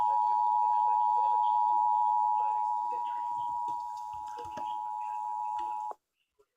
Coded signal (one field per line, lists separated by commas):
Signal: Emergency Alert System (SAME) tones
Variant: 853 and 960 Hz attention tone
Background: speech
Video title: Tornado Warning Peoria IL (EAS 426-427)